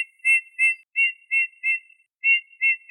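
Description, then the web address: Eurasian bullfinch giving plaintive piped whistles, several notes in steady succession with a brief pause before the last few. "Pyrrhula pyrrhula"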